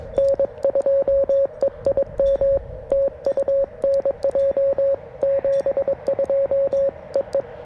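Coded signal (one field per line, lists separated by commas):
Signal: Morse code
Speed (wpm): 22 wpm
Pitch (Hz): 560 Hz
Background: radio noise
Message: N2EIM TU NJ 72 EE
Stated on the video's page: Morse from a modded QMX+ transceiver during a POTA park activation.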